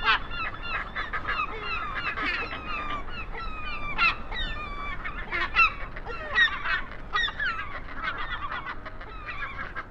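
Northern fulmar calls: many nasal, wavering honking notes in quick bursts throughout, some overlapping.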